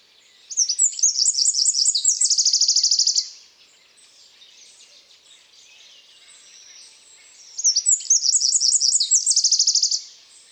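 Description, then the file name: Eurasian wren song: two loud, very high bursts of rapid chattering notes ending in a fast trill, each about two and a half seconds long, separated by a quiet pause. "Troglodytes troglodytes"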